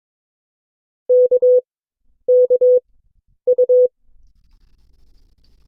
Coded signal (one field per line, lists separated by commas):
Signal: Morse code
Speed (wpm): 22 wpm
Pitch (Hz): 500 Hz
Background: none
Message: K K U